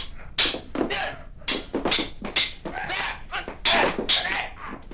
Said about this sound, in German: Der Kapitän wurde auf seinen Säbel gezogen und es entbrannte ein heftiger Kampf. Tische und Stühle wurden dabei umgeworfen und Flaschen polterten aus den Regalen.